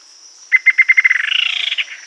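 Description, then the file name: Bird call: a string of evenly spaced clipped notes that speed up into a buzzy, slightly rising trill, over a constant high hum. "SABIOD 50 bird 2015"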